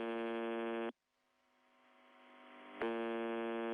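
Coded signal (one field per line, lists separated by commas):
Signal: channel marker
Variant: UVB-76 (The Buzzer)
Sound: harsh low buzz, short pause with faint hum, then buzz again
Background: radio static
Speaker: So this is called the buzzer.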